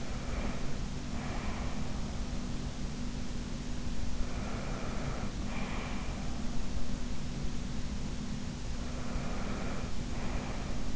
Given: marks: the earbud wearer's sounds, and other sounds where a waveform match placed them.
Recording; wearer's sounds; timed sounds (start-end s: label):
sounds in sleep by an in-ear microphone; breath
0.00-2.04 s: breath
4.15-6.25 s: breath
8.91-10.96 s: breath